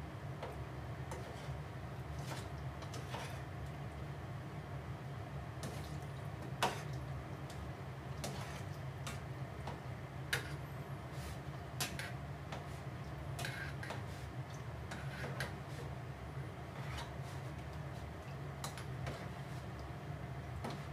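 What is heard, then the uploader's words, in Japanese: Cooking sounds: a steady low hum runs throughout while sharp clicks and knocks, like utensils and cupboard doors, land irregularly every second or two. 料理の音。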